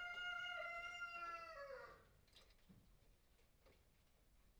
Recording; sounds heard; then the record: poultry house recording; healthy chickens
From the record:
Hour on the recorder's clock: 18